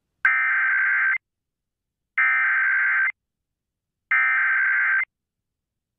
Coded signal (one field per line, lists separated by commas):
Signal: Emergency Alert System (SAME) tones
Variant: header bursts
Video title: EAS #0011 | 5/2/21 WKLR Fort Lee, VA EAS Amber Alert issued for Noah Gabriel Trout Alerts Part 3